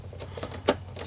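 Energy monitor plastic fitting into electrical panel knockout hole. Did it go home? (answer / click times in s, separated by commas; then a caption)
no / none. A plastic fitting of an energy monitor, likely its antenna mount, is pushed by hand into a knockout hole in a metal electrical panel. Several small taps are heard, around 0.4, 0.5, 0.7 and 1.0 s, with the sharpest at 0.7 s, over a low steady hum. The fitting has not clicked into place yet.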